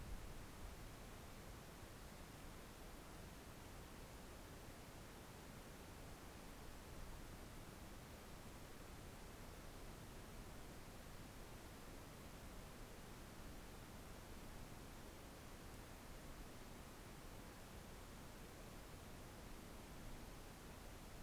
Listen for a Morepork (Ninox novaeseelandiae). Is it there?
no